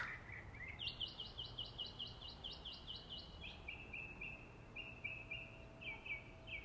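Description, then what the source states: Birds singing: a rising chirp leads into a fast, even trill of high notes that settles lower and repeats in short bursts. Birds singing in the morning.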